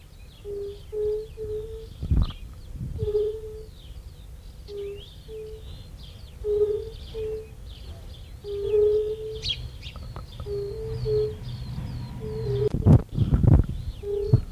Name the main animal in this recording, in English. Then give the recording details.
Fire-Bellied Toad. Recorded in the wild. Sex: male. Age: adult. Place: Feldberg - Lüttenhagen, Mecklenburgische Seenplatte, Mecklenburg, DE. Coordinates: 53.3394, 13.3856. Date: 1976-06-23 17:53. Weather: diesig, 22°C. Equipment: Uher CR 210, Sennheiser MD 421 HL, Verstärker, Reflektor, Kopie Uher 4200. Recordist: Tembrock, Günter. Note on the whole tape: Dorfteich. Rufe